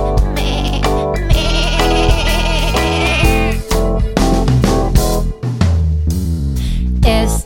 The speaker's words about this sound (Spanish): Voy paseando y veo una oveja súper elegante y le pido que me cante.